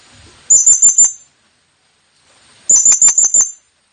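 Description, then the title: Blue-crowned hanging parrot with two bursts of rapid, piercing high chirps, the second slightly longer, about two seconds apart. Lure call used to attract the bird. "Burung Serindit Memanggil"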